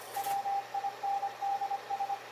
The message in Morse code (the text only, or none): WINDS